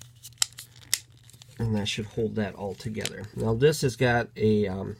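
A plastic limb or panel of a transforming action figure is pushed back into its peg slot during transformation, giving sharp snaps at 0.4 s and 0.9 s as the parts seat. Someone then talks.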